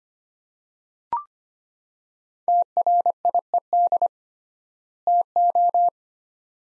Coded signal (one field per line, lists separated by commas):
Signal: Morse code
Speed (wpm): 25 wpm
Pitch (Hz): 700 Hz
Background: none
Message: TRIED TO